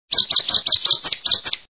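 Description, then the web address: Bird chirping, a quick run of about eight sharp, bright notes in under two seconds. "hayvanlar kus"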